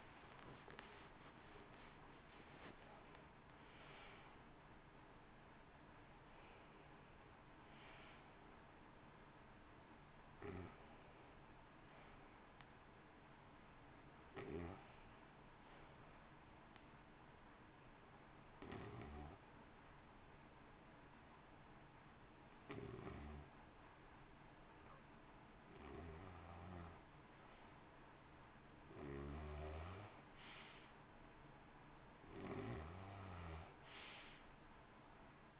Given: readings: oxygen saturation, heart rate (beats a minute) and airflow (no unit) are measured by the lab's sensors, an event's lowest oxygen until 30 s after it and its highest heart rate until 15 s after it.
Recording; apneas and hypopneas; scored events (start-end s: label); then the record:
breathing in sleep by a voice recorder at the bedside; 1
15.00-29.90 s: hypopnea (N1, oxygen 95% highest, then 91% lowest, heart rate 56 at the start, 62 highest)
30.00-35.60 s: new sleep stage, N2 (light sleep)
From the record:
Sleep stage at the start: N1 (lightest sleep); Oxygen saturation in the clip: 90 to 95%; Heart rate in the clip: 56 to 68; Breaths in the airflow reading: 10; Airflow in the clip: -1.3 to 2.5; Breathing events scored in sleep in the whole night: 328 in 6.3 hours asleep